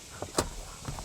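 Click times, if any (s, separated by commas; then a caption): none. The flipped-up rear seat bottom cushion of a 2019 Honda HR-V Touring is lifted and let down toward its latch on the car's rear seat frame. Soft handling rustles and bumps are heard, with a sharp, bright knock at 0.4 s and a quieter thump near 1.0 s. The cushion has not seated or latched yet.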